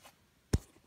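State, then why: Seated. A stroller push bar is pushed onto its button and holes in the frame mount of a Bentley Trike stroller, which can only be installed one way. A single sharp, loud click at 0.5 s shows the push bar has seated in place, followed by a faint low thump near the end.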